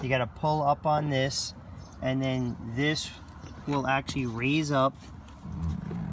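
Someone talks while pulling up the lever on the rear seat cushion of a 2017 Colorado/Canyon to raise it toward its upright lock, with faint handling noise beneath the voice. The cushion is handled but has not seated or locked into place yet.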